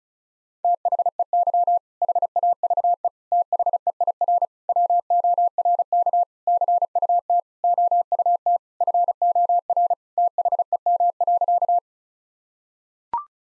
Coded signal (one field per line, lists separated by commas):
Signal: Morse code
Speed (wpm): 34 wpm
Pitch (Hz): 700 Hz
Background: none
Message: THEY HAVE THEIR WORK CUT OUT FOR THEM.